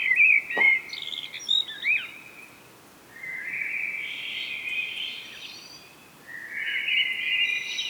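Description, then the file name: Common blackbird song: a few sharp chirps and a sudden click, then two extended mellow warbled phrases with a quiet gap between them. "Turdus merula"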